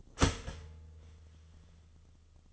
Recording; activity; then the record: daily activity, microphone in the room; start toaster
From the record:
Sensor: 4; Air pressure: 1010.1 hPa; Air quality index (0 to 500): 181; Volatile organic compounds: 5 ppm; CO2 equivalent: 1835 ppm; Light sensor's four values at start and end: 23/69/27/27 and 23/70/27/27